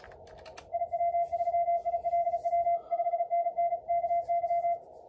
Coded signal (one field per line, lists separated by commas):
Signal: Morse code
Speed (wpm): 34 wpm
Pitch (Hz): 690 Hz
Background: none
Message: IW3ILW 5NN KY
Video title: MorseRunner 1.82 release with ARRL DX contest